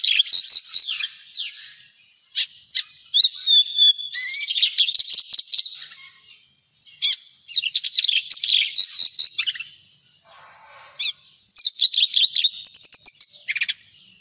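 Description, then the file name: Javan bush lark singing long phrases of rapid high chirps and trills, broken by several short silences, with fast rattling note runs near the end. "suara burung branjangan jawa"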